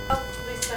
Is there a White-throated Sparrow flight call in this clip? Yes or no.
no